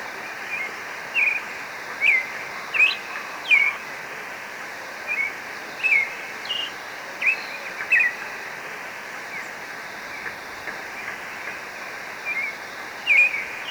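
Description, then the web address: Marañon thrush song of short slurred whistled notes at uneven intervals. In Ecuador. "Birds of Ecuador. Marañon Thrush"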